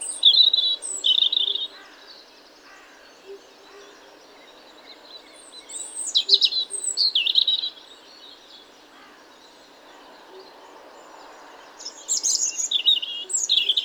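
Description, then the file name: European robin song: high, thin warbled phrases with scratchy trills, three bursts separated by quiet pauses over steady faint background noise. "Erithacus rubecula"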